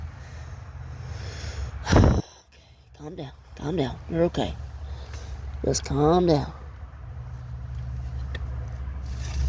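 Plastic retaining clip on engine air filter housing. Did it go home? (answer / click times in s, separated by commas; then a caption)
no / none. A replacement plastic retaining clip is pushed onto the engine air filter housing of a 2016 Honda Fit in a tight space, during a struggle, while someone talks over a steady low hum. Brief sharp knocks are heard around 2.0 s and 8.4 s. Nothing has seated or clicked yet.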